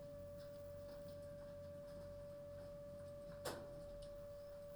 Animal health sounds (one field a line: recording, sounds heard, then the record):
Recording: poultry house recording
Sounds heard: no chicken sound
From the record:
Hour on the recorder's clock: 23